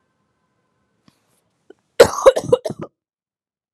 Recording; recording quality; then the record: heavy voluntary cough; excellent, no background noise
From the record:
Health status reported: COVID-19 positive, mild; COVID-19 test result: positive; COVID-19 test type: rapid antigen test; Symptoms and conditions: cough, sore throat, fever, fatigue, muscle pain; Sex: female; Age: 25 years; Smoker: no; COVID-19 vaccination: both doses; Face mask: not worn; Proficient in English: yes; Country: India